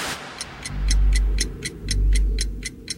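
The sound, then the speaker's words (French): The large clock at the Le Mans racing circuit ticks steadily, about eight crisp, bright clicks at an even rhythm, showing 3 pm on Saturday 17 June 2017, over a low rumbling drone that swells and fades twice. “Ce samedi 17 juin 2017, la grande horloge du circuit du Mans affiche désormais 15h.”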